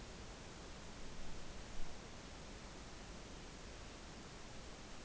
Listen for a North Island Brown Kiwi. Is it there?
no